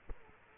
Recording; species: mosquito wingbeat signal from an infrared sensor; Culex quinquefasciatus